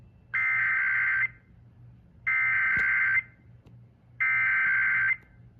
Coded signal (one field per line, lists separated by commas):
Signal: Emergency Alert System (SAME) tones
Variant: header bursts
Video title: alerts I captured while my computer was in the ER - 6/3/24 - 6/18/24 (EAS #1107 - 1114)